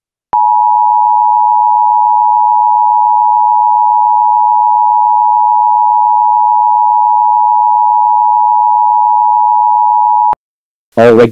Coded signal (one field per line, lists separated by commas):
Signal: Emergency Alert System (SAME) tones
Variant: 853 and 960 Hz attention tone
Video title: EAS MOCK volcano scenario #1: Yellowstone Volcano